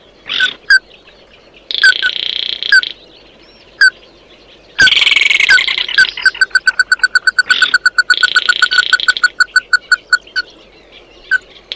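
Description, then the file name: Bird calls: scattered sharp notes and buzzy bursts, then a harsh rattle leading into a long fast run of repeated short notes. "Tieng chim mat do"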